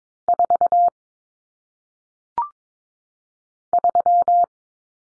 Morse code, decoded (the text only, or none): 4 3